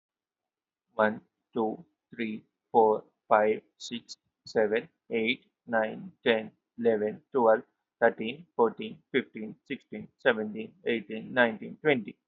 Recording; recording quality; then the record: counting at a normal pace; excellent, no background noise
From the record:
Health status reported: healthy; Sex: male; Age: 26 years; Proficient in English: yes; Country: India